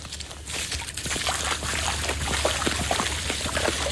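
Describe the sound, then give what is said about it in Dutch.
Steady sloshing and splashing as someone wades through floodwater in rubber boots among trees standing in water, each stride churning the surface in a loose rhythm, continuous and fairly loud with no voices. “Ja, moeten we even hier van heen banjeren. Gelukkig hebben we de laars aan.”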